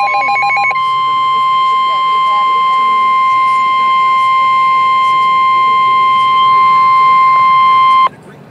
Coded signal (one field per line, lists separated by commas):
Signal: Emergency Alert System (SAME) tones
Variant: 1050 Hz attention tone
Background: speech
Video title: Severe Thunderstorm Warning - EAS #43